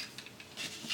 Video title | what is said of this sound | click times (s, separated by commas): Petzl grigri+ review best new all around belay device | push it there now it's really grippy almost the point where I have to pull it with my hand to get it to lock into place now | 0.2 s